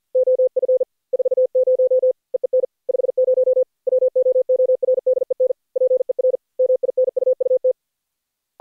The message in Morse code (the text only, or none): OF 40 EEN 50 WOORDEN PER MINUUT